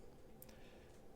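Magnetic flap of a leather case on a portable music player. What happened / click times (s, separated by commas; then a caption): The magnetic flap snapped shut / 0.4 s, 0.5 s. The magnetic flap of a leather case is closed around a gold Sony Walkman NW-WM1Z Signature Series portable music player, giving two faint, sharp ticks at 0.4 s and 0.5 s over quiet background noise. The flap snaps shut, held by its magnet.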